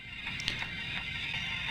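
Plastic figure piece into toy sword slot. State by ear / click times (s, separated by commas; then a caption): not seated / none. A plastic collectible figure piece is pushed onto the slot of a plastic toy sword. A single sharp plastic knock is heard at 0.5 s against a steady background noise. The piece has not latched or clicked into the sword yet.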